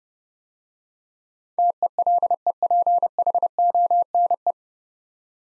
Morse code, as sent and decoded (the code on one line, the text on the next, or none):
- . .-.. . .--. .... --- -. .
TELEPHONE